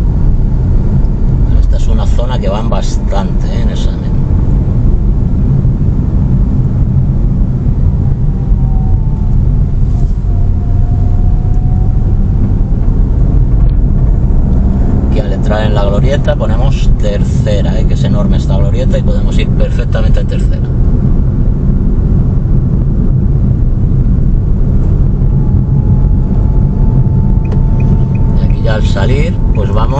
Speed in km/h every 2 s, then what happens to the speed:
29, 30, 29, 28, 22, 25, 31, 39, 39, 40, 40, 39, 38, 39, 39.
0-9 steady at about 29. 9-14 speeds up to 39. 14-30 steady at about 39.